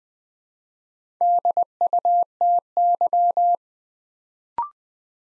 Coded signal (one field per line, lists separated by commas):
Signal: Morse code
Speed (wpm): 20 wpm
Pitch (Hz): 700 Hz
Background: none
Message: DUTY